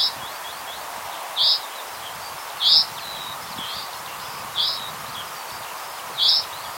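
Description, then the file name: Common chaffinch giving short, sharp high call notes, repeated several times. "Fringilla coelebs"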